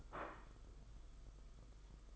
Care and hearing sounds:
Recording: daily activity, microphone in the room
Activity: place plate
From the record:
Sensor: 5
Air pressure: 991.0 hPa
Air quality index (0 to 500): 141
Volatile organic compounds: 108 ppm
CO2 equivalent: 3804 ppm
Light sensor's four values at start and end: 39/121/46/49 and 39/121/46/49

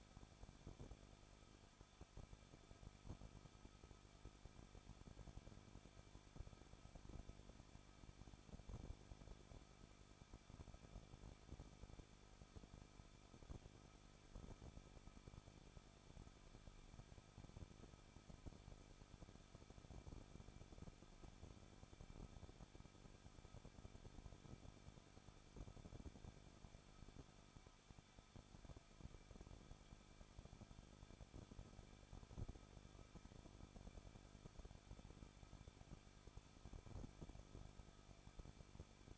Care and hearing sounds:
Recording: daily activity, microphone in the room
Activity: no activity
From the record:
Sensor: 5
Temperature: 20.9 degrees Celsius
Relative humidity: 38.1%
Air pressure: 1006.4 hPa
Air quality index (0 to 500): 187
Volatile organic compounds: 18 ppm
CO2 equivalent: 2622 ppm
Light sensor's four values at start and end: 2/3/1/1 and 2/3/1/1

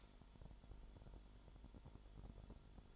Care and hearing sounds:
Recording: daily activity, microphone in the room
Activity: light on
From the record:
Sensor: 5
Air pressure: 1008.0 hPa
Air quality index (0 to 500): 101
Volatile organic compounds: 1 ppm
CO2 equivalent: 786 ppm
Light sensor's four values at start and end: 35/81/33/34 and 36/83/34/34

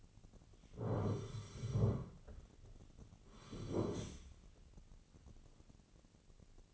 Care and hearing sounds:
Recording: daily activity, microphone in the room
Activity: sit down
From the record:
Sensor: 4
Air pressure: 1010.0 hPa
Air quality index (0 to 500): 192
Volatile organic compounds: 3 ppm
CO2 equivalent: 1386 ppm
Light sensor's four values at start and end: 39/96/40/43 and 40/97/40/44

